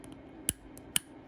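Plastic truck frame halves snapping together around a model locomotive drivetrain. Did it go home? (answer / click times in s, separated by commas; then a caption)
partly / 0.5 s, 1.0 s. Two plastic halves of an N scale Atlas SD-60M locomotive truck frame are pressed together over the gears and wheelsets, giving two sharp plastic clicks at 0.5 s and 1.0 s, with a few faint ticks around them. Only two of the clips have clicked, so the truck frame is not yet fully pressed together.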